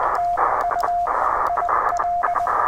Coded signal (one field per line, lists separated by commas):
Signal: Morse code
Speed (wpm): 19 wpm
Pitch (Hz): 690 Hz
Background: radio noise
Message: TU IL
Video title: Toughing it out with the Penntek TR-35! #qrp #hamradio #cw #morsecode